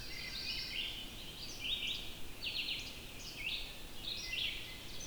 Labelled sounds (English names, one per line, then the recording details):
Red-eyed Vireo song
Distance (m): 35 m
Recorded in boreal forest in Alberta, Canada, on 14 June 2016 at 05:05
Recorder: SongMeter 3, array SBT-3-33
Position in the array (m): 155 m, 192 m